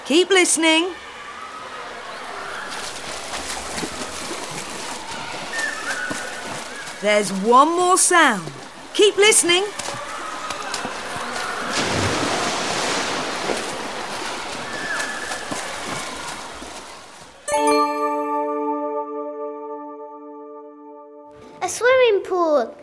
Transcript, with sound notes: Keep listening. There’s one more sound – keep listening!
[FX: SWIMMING POOL SPLASH] A swimming pool!